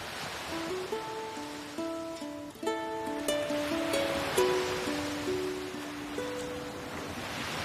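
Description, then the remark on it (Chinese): A steady hiss of ocean waves swells and recedes, with soft, plucked melodic notes playing over the surf as the gentle introduction to a song played on a radio program. “来，我们继续听到的一首歌，听到大海的声音，一会儿也会通过音乐吹到海风”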